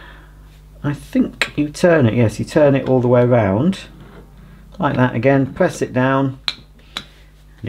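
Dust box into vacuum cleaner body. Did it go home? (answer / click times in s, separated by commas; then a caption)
yes / 7.0 s. Someone talks while a plastic dust box is turned all the way around and pressed down into the body of a Hoover Discovery bagless vacuum cleaner. A sharp click sounds at 7.0 s as the dust box latch clicks down and the box seats in place.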